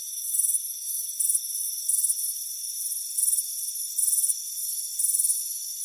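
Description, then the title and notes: High crickets' chirps arriving in pulsed groups roughly once a second, slightly uneven in spacing, against a continuous thin insect drone. Warm afternoon on a front porch. "Soothing Crickets Chirping Sound. It's a warm afternoon as you relax in a hammock on the front porch. Relax and fall asleep to the soothing sound of chirping crickets"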